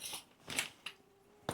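Brackets on a folding pet enclosure panel are unsnapped and released, opening as easily as they closed. After some soft rustling and a brief crunchy burst around 0.6 s, sharp clicks are heard at 0.9 s and 1.5 s as the brackets pop open.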